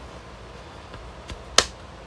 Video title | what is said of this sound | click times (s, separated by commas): Taurus "The Judge" Reduced Power Spring Kit Installation from Galloway Precision | that out and hear it pop and | 1.6 s